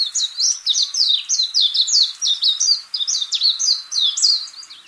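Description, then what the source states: Warbling white-eye singing a fast, continuous warble of high, jumbled chirping notes for the whole stretch. Recorded on the Senami coast, Niigata Prefecture, Japan.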